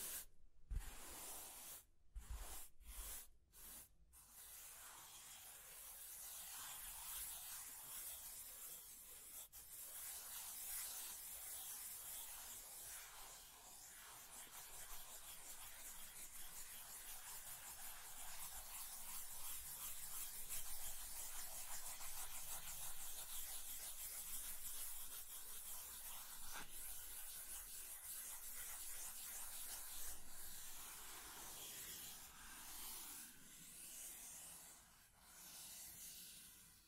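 Scratching and tracing on a surface, a dry, hissy rasp that runs almost without pause for the whole stretch. A few short stop-start strokes open the first four seconds, then the sound settles into a steady, dense scrape that swells slightly midway and thins near the end.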